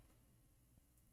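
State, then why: Not seated. A flex cable is being handled over a newly soldered board-to-board FPC connector on a Samsung Galaxy S20 FE phone mainboard, ready to be pressed in. Only a quiet low background rumble with faint handling noise is heard, including a soft tick near 0.8 s. Nothing has seated or clicked yet.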